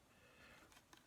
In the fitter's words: kind of click and now